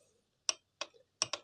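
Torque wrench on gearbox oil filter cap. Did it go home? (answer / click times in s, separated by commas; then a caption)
yes / 0.5 s, 1.2 s. A click-type torque wrench set to 20 Nm tightens the oil filter cap on a DSG gearbox. Sharp clicks sound at 0.5 s and 1.2 s, with softer ticks at 0.8 s and 1.3 s. The wrench clicks on reaching the 20 Nm setting, so the cap is torqued to the right amount.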